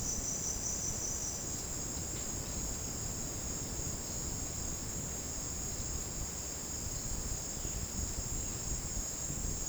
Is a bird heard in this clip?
no